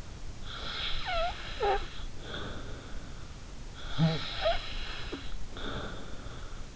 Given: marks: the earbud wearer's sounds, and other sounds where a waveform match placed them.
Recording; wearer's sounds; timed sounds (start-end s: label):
sounds in sleep by an in-ear microphone; snoring breath
0.43-2.93 s: snoring breath
3.81-6.56 s: snoring breath